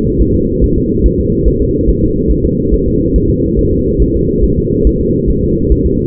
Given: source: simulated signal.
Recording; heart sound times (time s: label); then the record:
fetal heart sounds
0.21 s: S1
0.36 s: S2
0.64 s: S1
0.78 s: S2
1.06 s: S1
1.20 s: S2
1.48 s: S1
1.62 s: S2
1.89 s: S1
2.03 s: S2
2.31 s: S1
2.45 s: S2
2.74 s: S1
2.88 s: S2
3.16 s: S1
3.30 s: S2
3.59 s: S1
3.73 s: S2
4.02 s: S1
4.16 s: S2
4.44 s: S1
4.58 s: S2
4.87 s: S1
5.01 s: S2
5.30 s: S1
5.44 s: S2
5.72 s: S1
5.86 s: S2
From the record:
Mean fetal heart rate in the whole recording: 140 bpm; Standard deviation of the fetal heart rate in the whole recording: 2 bpm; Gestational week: 34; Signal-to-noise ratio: -14.7 dB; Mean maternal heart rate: 72 bpm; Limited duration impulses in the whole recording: present